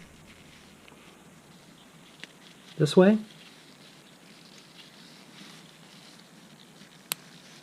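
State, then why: Seated. A metal anti-rattle abutment clip is pressed into the rear brake caliper bracket of a 2010 Toyota Camry before the brake pad goes in, while someone talks. A sharp, loud snap at 7.1 s marks the clip seating in place.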